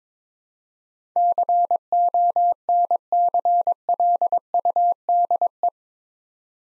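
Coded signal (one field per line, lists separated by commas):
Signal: Morse code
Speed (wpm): 22 wpm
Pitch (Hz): 700 Hz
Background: none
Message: CONCLUDE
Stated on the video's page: Morse head-copy drill of eight-letter words at 22 wpm; each word is sent, then spoken, then sent again.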